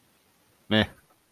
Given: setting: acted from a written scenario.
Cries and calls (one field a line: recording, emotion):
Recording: vocal sound without words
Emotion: neutral